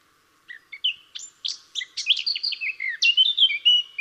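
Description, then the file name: Eurasian blackcap song: a hurried run of varied warbled and chattering notes that builds into louder, clearer fluty phrases toward the end. "Sylvia atricapilla"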